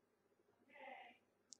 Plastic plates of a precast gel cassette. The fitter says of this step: and you'll hear a snap as the plates are detaching from each other